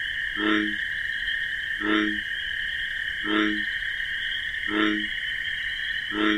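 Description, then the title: Bullfrog croaks, five low harmonic calls evenly spaced roughly every 1.4 seconds, with continuous shrill cricket chirping throughout. Wetland at night with marsh grasses; the bullfrog's deep bass 'jug-o-rum' call, like a sonorous heartbeat, over pulsating, persistent cricket chirping. "Bullfrog Sound. The Wondrous Wetlands"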